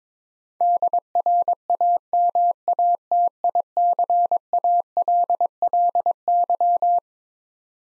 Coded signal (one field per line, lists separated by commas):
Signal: Morse code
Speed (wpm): 22 wpm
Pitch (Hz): 700 Hz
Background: none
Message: DRAMATICALLY